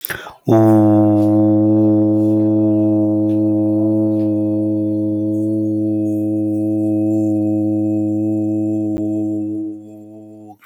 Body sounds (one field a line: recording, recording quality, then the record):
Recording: sustained vowel as in boot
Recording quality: excellent, no background noise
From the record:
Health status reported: healthy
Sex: male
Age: 38 years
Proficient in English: yes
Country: India